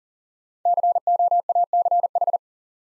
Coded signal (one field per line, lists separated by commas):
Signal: Morse code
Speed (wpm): 41 wpm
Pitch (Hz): 700 Hz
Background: none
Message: COACH